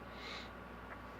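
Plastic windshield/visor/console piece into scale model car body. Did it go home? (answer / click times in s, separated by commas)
no / none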